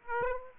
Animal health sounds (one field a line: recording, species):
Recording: mosquito wingbeat signal from an infrared sensor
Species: Aedes aegypti